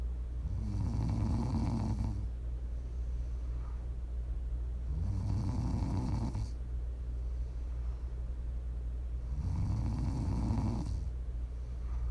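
Three low, rattling snores from an adult sleeper, about every 4.5 seconds, roughly 13 breaths a minute, over a steady background hum.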